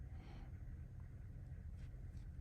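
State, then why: Not seated. A small snap-in part is pressed onto an Element RC car shock absorber, a part that can fling off if rushed. Low rumble and faint brushing sounds run throughout, with a brief sharp tick at 2.4 s. The part has not snapped into place yet.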